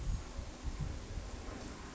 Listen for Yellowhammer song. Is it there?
no